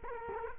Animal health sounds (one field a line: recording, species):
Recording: mosquito wingbeat signal from an infrared sensor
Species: Culex quinquefasciatus